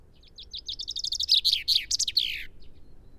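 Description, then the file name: Common chaffinch song: a series of bright chirps that speeds up into a rattling trill and ends in a falling flourish. "Fringilla coelebs"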